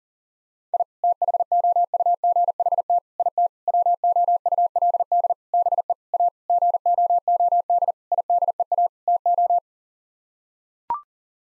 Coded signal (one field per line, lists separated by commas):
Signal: Morse code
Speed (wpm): 37 wpm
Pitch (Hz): 700 Hz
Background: none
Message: I THOUGHT IT WOULD BE A GOOD IDEA TO